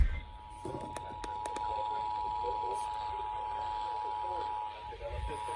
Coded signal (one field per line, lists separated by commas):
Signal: Emergency Alert System (SAME) tones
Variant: 853 and 960 Hz attention tone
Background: speech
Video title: North Carolina Statewide Tornado Drill On 2 NWR And 2 FM Stations || EAS 96-99